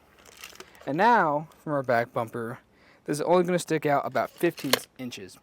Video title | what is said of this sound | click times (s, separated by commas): etrailer - DIY 2023 Thor Gemini Motorhome Installation for the Saris MHS DUO Bike Rack for 2 Bikes | you can push it up a little bit more till it clicks | 0.4 s